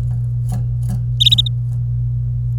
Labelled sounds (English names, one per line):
Domestic Canary song